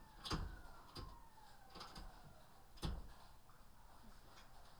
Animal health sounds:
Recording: poultry house recording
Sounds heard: healthy chickens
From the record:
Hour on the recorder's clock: 13

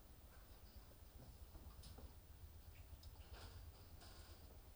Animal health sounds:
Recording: poultry house recording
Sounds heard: sick chickens (respiratory disease)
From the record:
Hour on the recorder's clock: 22

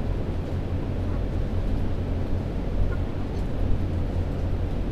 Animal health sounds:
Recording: poultry house recording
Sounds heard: healthy chickens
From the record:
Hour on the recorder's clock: 22

